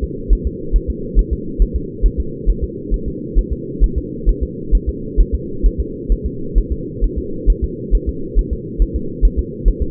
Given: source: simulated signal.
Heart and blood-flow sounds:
fetal heart sounds
0.04 s: S2
0.33 s: S1
0.47 s: S2
0.76 s: S1
0.90 s: S2
1.19 s: S1
1.33 s: S2
1.62 s: S1
1.76 s: S2
2.06 s: S1
2.20 s: S2
2.49 s: S1
2.64 s: S2
2.94 s: S1
3.08 s: S2
3.38 s: S1
3.53 s: S2
3.84 s: S1
3.98 s: S2
4.29 s: S1
4.43 s: S2
4.75 s: S1
4.89 s: S2
5.20 s: S1
5.34 s: S2
5.66 s: S1
5.80 s: S2
6.12 s: S1
6.26 s: S2
6.58 s: S1
6.72 s: S2
7.04 s: S1
7.18 s: S2
7.50 s: S1
7.64 s: S2
7.95 s: S1
8.09 s: S2
8.39 s: S1
8.53 s: S2
8.82 s: S1
8.96 s: S2
9.25 s: S1
9.39 s: S2
9.68 s: S1
9.82 s: S2
From the record:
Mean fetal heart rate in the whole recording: 135 bpm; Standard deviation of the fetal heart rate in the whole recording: 3 bpm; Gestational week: 36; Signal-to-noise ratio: -4.3 dB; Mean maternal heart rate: 72 bpm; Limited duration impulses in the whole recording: absent

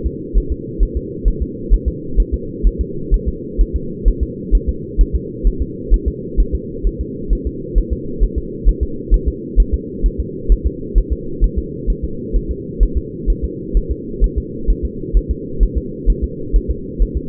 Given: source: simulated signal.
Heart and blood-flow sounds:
fetal heart sounds
0.06 s: S2
0.38 s: S1
0.52 s: S2
0.83 s: S1
0.97 s: S2
1.28 s: S1
1.42 s: S2
1.73 s: S1
1.88 s: S2
2.20 s: S1
2.34 s: S2
2.67 s: S1
2.81 s: S2
3.14 s: S1
3.28 s: S2
3.61 s: S1
3.76 s: S2
4.08 s: S1
4.23 s: S2
4.55 s: S1
4.69 s: S2
5.01 s: S1
5.16 s: S2
5.47 s: S1
5.62 s: S2
5.94 s: S1
6.08 s: S2
6.40 s: S1
6.55 s: S2
6.87 s: S1
7.01 s: S2
7.33 s: S1
7.47 s: S2
7.78 s: S1
7.93 s: S2
8.23 s: S1
8.38 s: S2
8.69 s: S1
8.83 s: S2
9.14 s: S1
9.28 s: S2
9.60 s: S1
9.74 s: S2
10.06 s: S1
10.20 s: S2
10.52 s: S1
10.66 s: S2
10.98 s: S1
11.12 s: S2
11.44 s: S1
11.58 s: S2
11.90 s: S1
12.05 s: S2
12.36 s: S1
12.51 s: S2
12.83 s: S1
12.98 s: S2
13.30 s: S1
13.44 s: S2
13.77 s: S1
13.91 s: S2
14.24 s: S1
14.38 s: S2
14.70 s: S1
14.85 s: S2
15.17 s: S1
15.31 s: S2
15.63 s: S1
15.78 s: S2
16.10 s: S1
16.24 s: S2
16.56 s: S1
16.70 s: S2
17.02 s: S1
17.17 s: S2
From the record:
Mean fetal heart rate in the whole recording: 130 bpm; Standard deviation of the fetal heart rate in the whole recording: 2 bpm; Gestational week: 36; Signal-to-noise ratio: -4.3 dB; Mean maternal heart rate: 72 bpm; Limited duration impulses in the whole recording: absent

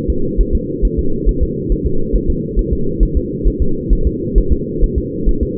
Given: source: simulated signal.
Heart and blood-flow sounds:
fetal heart sounds
0.10 s: S2
0.41 s: S1
0.55 s: S2
0.85 s: S1
0.99 s: S2
1.29 s: S1
1.43 s: S2
1.72 s: S1
1.86 s: S2
2.16 s: S1
2.30 s: S2
2.59 s: S1
2.73 s: S2
3.03 s: S1
3.17 s: S2
3.48 s: S1
3.62 s: S2
3.93 s: S1
4.07 s: S2
4.38 s: S1
4.52 s: S2
4.84 s: S1
4.98 s: S2
5.29 s: S1
5.43 s: S2
From the record:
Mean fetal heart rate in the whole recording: 135 bpm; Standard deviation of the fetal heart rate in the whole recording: 3 bpm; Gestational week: 36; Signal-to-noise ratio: -8.1 dB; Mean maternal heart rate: 72 bpm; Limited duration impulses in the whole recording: absent

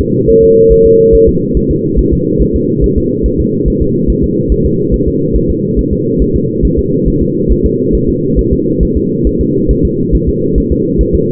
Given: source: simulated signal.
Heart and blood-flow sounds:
fetal heart sounds
0.01 s: S2
0.30 s: S1
0.44 s: S2
0.72 s: S1
0.86 s: S2
1.15 s: S1
1.29 s: S2
1.57 s: S1
1.71 s: S2
1.99 s: S1
2.13 s: S2
2.42 s: S1
2.56 s: S2
2.84 s: S1
2.98 s: S2
3.26 s: S1
3.40 s: S2
3.68 s: S1
3.82 s: S2
4.10 s: S1
4.24 s: S2
4.52 s: S1
4.66 s: S2
4.94 s: S1
5.08 s: S2
5.36 s: S1
5.50 s: S2
5.79 s: S1
5.93 s: S2
6.22 s: S1
6.36 s: S2
6.65 s: S1
6.79 s: S2
7.08 s: S1
7.22 s: S2
7.52 s: S1
7.66 s: S2
7.95 s: S1
8.09 s: S2
8.39 s: S1
8.53 s: S2
8.83 s: S1
8.97 s: S2
9.27 s: S1
9.41 s: S2
9.71 s: S1
9.85 s: S2
10.15 s: S1
10.29 s: S2
10.58 s: S1
10.72 s: S2
11.01 s: S1
11.15 s: S2
From the record:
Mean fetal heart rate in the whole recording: 140 bpm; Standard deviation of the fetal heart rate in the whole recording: 2 bpm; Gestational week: 34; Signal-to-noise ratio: -11.2 dB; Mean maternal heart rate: 72 bpm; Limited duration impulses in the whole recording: present

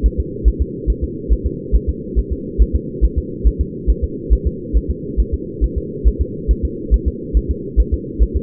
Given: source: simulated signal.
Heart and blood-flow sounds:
fetal heart sounds
0.06 s: S1
0.20 s: S2
0.48 s: S1
0.62 s: S2
0.90 s: S1
1.04 s: S2
1.33 s: S1
1.47 s: S2
1.75 s: S1
1.89 s: S2
2.19 s: S1
2.33 s: S2
2.62 s: S1
2.76 s: S2
3.05 s: S1
3.19 s: S2
3.47 s: S1
3.61 s: S2
3.90 s: S1
4.04 s: S2
4.33 s: S1
4.47 s: S2
4.77 s: S1
4.91 s: S2
5.20 s: S1
5.34 s: S2
5.64 s: S1
5.78 s: S2
6.08 s: S1
6.22 s: S2
6.51 s: S1
6.65 s: S2
6.94 s: S1
7.08 s: S2
7.37 s: S1
7.51 s: S2
7.80 s: S1
7.94 s: S2
8.23 s: S1
8.37 s: S2
From the record:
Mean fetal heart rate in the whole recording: 140 bpm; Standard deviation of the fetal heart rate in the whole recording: 2 bpm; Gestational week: 34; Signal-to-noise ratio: -4.1 dB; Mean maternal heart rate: no maternal heart sound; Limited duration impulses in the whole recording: absent

